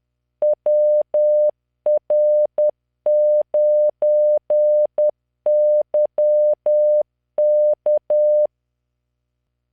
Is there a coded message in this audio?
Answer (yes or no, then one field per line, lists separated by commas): yes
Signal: Morse code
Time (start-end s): 0.4-8.5 s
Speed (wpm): 10 wpm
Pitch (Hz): 600 Hz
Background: none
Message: WR9YK